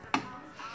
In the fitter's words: heard it click then